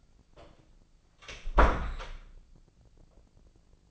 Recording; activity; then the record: daily activity, microphone in the room; close door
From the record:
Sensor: 5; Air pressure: 1009.3 hPa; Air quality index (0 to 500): 167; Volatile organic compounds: 2 ppm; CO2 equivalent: 1278 ppm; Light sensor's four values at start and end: 191/456/193/210 and 191/456/193/210